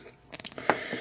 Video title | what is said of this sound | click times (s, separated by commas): Marvel Select Daredevil figure review | there's a huge pause here, and then it just, boom, snaps back into place. | 0.7 s